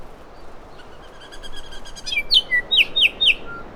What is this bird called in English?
New Zealand Bellbird